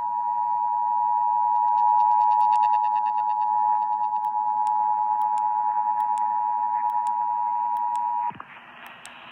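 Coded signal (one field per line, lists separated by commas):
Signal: Emergency Alert System (SAME) tones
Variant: 853 and 960 Hz attention tone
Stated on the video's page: Required monthly test, Richmond, Virginia.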